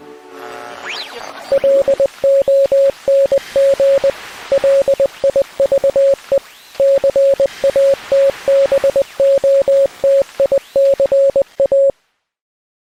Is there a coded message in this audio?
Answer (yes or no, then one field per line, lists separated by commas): yes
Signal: Morse code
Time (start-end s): 1.5-11.9 s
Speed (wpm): 20 wpm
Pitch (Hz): 550 Hz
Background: music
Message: LONG LIVE CATBOTICA